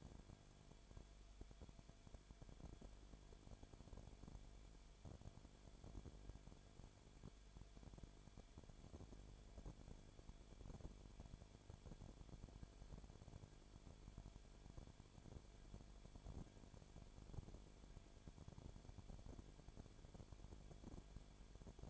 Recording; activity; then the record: daily activity, microphone in the room; no activity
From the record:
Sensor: 5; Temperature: 19.8 degrees Celsius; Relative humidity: 33.3%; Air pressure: 1001.4 hPa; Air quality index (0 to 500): 31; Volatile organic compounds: 1 ppm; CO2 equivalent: 523 ppm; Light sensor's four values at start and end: 2/3/1/1 and 2/3/1/1